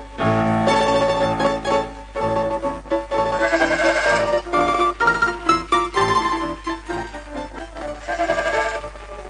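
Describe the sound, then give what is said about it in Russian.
A goat in a kitchen bleats loudly and repeatedly, a string of quavering, nasal cries running one after another with only brief pauses between them. “протри свои глаза, во что на кухне здесь коза?”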